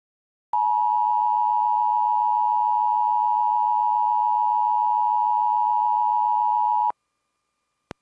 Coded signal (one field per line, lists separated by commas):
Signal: Emergency Alert System (SAME) tones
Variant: 853 and 960 Hz attention tone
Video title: Mini EAS Compilation EAS Alerts From 11/12/20 EAS #206-208